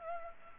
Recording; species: mosquito wingbeat signal from an infrared sensor; Culex pipiens